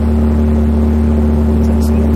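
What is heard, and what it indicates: Steady low droning hum with fixed tones, no speech: a simulated tinnitus sound played through an amplifier speaker, one of several tinnitus sounds demonstrated.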